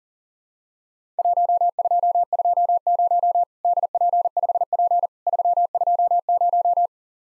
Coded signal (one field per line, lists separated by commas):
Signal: Morse code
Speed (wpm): 42 wpm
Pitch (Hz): 700 Hz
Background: none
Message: 1220 DP5P 320